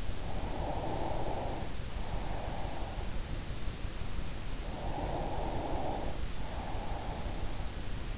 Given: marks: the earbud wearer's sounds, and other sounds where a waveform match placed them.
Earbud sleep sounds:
sounds in sleep by an in-ear microphone; breath
0.00-3.10 s: breath
4.56-7.92 s: breath

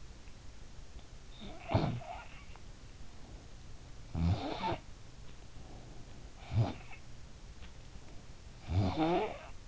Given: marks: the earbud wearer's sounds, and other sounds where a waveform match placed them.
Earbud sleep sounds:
sounds in sleep by an in-ear microphone; snoring breath
1.58-2.56 s: snoring breath
3.69-5.39 s: snoring breath
6.37-7.09 s: snoring breath
8.39-9.68 s: snoring breath

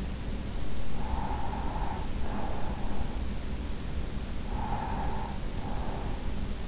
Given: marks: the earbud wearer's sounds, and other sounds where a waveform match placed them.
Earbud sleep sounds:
sounds in sleep by an in-ear microphone; breath
0.92-3.29 s: breath
4.44-6.64 s: breath

